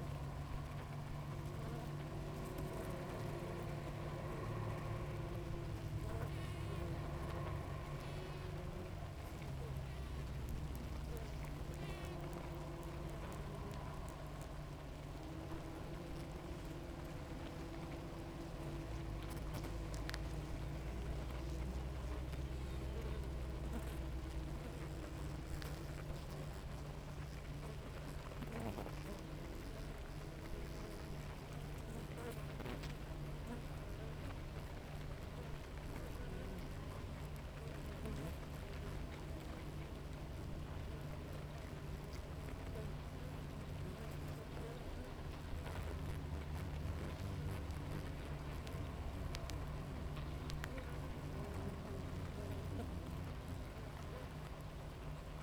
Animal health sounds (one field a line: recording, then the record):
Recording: honeybee colony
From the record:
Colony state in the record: active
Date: 28 July 2017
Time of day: 7:21